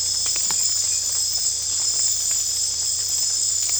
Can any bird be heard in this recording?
no